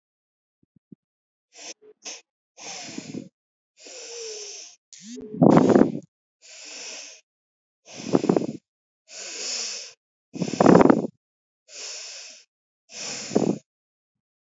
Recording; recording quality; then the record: deep breathing; excellent, no background noise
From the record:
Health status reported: healthy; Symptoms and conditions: none ticked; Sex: female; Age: 42 years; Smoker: not ticked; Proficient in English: yes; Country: India